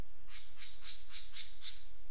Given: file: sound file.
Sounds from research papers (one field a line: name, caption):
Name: scrubwren-mimicry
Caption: An example of the female Albert's lyrebird at Goomburra mimicking the alarm call of a yellow‐throated scrubwren (Neosericornis citreogularis).